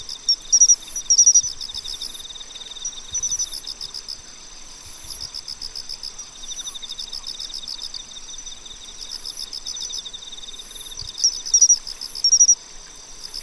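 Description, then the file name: Pine cricket chirps, crisp short notes at the start and end, within a steady insect chorus of shrill trills and rhythmic high buzzes. "Matsumushi"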